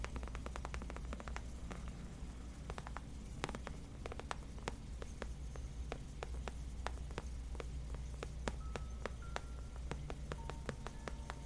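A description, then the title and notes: Gentle tapping on leather, a loose run of quick, light taps that come in uneven clusters across the whole clip, some slightly sharper than others. Beneath them sits a steady low hum, and a few faint short tones appear near the end. Gentle Leather Tapping For Sleep & Relaxation.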